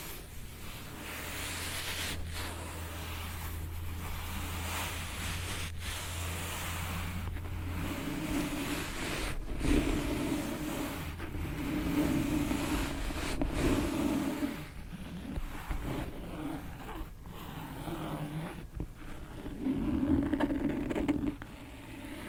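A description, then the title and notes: Book scratching: a dense, rough scraping texture runs through the whole clip, with short sharp breaks and taps scattered every second or two. A low steady hum sits underneath for the first eight seconds, then drops away, and the scratching grows heavier and lower after ten seconds. ASMR book scratching.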